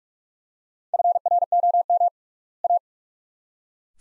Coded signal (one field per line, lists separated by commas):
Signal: Morse code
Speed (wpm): 42 wpm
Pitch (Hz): 700 Hz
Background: none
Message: FROM A